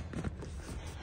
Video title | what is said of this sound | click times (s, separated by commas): Replace Rear Leather Seat Cover for Honda Accord 02-11 | and then push it and you will hear the clicking sound | 0.1 s